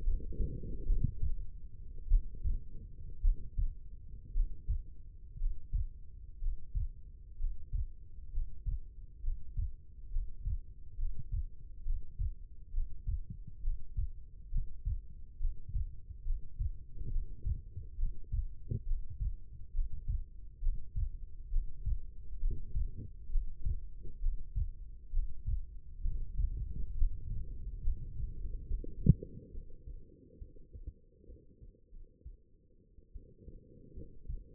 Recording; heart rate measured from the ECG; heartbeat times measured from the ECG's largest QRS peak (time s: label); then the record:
heart sounds by stethoscope; 65 bpm
0.03 s: heartbeat
0.86 s: heartbeat
2.08 s: heartbeat
3.21 s: heartbeat
4.33 s: heartbeat
5.38 s: heartbeat
6.40 s: heartbeat
7.38 s: heartbeat
8.31 s: heartbeat
9.22 s: heartbeat
10.10 s: heartbeat
10.97 s: heartbeat
11.84 s: heartbeat
12.72 s: heartbeat
13.62 s: heartbeat
14.50 s: heartbeat
15.39 s: heartbeat
16.24 s: heartbeat
17.10 s: heartbeat
17.97 s: heartbeat
18.85 s: heartbeat
19.73 s: heartbeat
20.61 s: heartbeat
21.50 s: heartbeat
22.40 s: heartbeat
23.30 s: heartbeat
24.21 s: heartbeat
25.11 s: heartbeat
26.03 s: heartbeat
26.94 s: heartbeat
27.82 s: heartbeat
28.67 s: heartbeat
29.51 s: heartbeat
30.38 s: heartbeat
31.25 s: heartbeat
31.90 s: heartbeat
33.12 s: heartbeat
33.93 s: heartbeat
From the record:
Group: healthy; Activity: breath hold 0-28 s, rest 28-35 s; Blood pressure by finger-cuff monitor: 95/61 mmHg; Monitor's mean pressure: 71 mmHg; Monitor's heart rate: 68 bpm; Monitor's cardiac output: 5.1 L/min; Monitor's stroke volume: 76 mL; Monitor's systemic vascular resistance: 1000 dyn s/cm5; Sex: female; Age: 22 years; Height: 171 cm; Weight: 65.6 kg